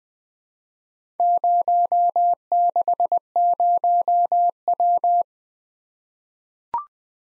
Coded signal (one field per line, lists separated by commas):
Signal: Morse code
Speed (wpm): 20 wpm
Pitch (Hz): 700 Hz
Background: none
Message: 060W